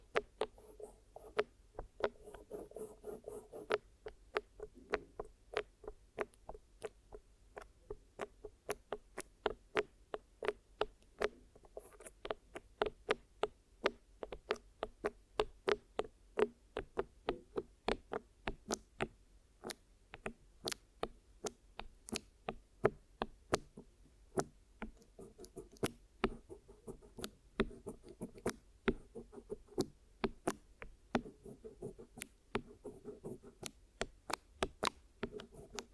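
A glue ear massage and cleaning session sounds as a steady run of sharp, dry clicks and taps, several per second, running unbroken for the whole clip. Beneath them is a soft, low rubbing and scratching that swells now and then, with a faint hiss around the third second.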